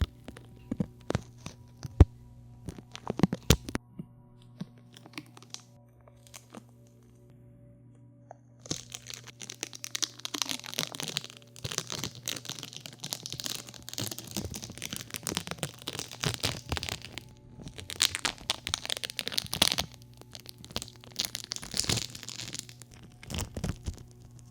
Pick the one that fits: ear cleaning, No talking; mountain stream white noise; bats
ear cleaning, No talking